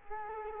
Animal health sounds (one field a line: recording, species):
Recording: mosquito wingbeat signal from an infrared sensor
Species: Culex quinquefasciatus